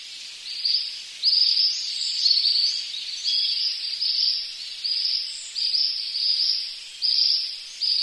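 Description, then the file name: Ashy minivet song of several shrill, tinkling trilled phrases against soft background hiss. "sanshokui"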